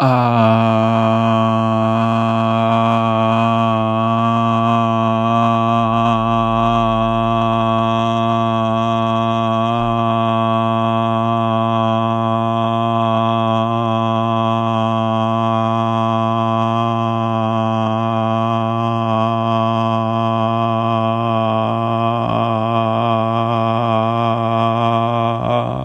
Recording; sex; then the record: sustained vowel /a/; male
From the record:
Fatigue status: no fatigue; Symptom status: asymptomatic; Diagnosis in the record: COVID-19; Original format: m4a